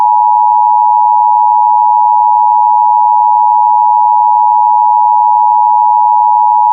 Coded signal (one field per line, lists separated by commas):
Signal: Emergency Alert System (SAME) tones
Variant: 853 and 960 Hz attention tone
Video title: REUPLOAD! EAS Mock 10: RMT for WVL-75.3